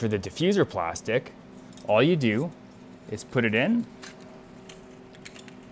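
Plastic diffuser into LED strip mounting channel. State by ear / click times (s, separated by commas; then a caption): seated / 4.7 s, 5.2 s, 5.3 s, 5.5 s. Someone talks, then a plastic diffuser strip is pressed along its length into an LED strip mounting channel. A series of small, sharp clicks sounds at 4.7, 5.2, 5.3 and 5.5 seconds as it snaps into place, and the diffuser is seated.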